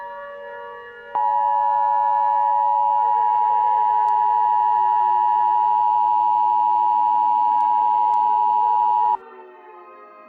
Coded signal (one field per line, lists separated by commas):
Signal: Emergency Alert System (SAME) tones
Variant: 853 and 960 Hz attention tone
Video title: EAS Scenario #6 EXE Double Trouble NateDog2020P EXE's and Lincoln530 EXE's revenge